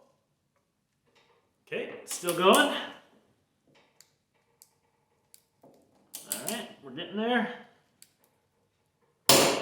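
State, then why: Torque reached. A lug nut on a wheel is tightened slowly with a click-type torque wrench set to 95 ft-lb while someone talks, with a few faint ticks in between. At 9.3 s the wrench breaks over with a loud, sharp clunk, meaning the 95 ft-lb setting has been reached.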